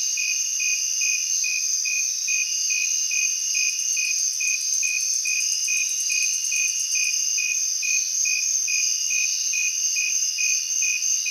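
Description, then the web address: Cricket chirps repeated evenly at a rapid pace, joined midway for a few seconds by a higher, fine pulsed trill. Crickets recorded in a city on 8 September 2023. "20230908 crickets City Crickets"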